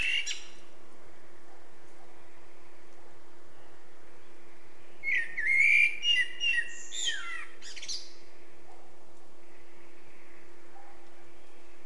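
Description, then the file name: Eurasian blackbird singing a short melodious phrase of fluty warbles ending in high scratchy notes, preceded by a brief high twitter; a low constant hum in background. "Turdus merula"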